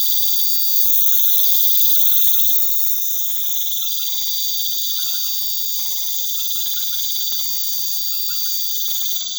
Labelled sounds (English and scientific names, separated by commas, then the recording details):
none
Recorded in pastures near Puerto Asís, Putumayo, Colombia, on 24 March 2025 at 21:00
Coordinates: 0.487, -76.322
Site G077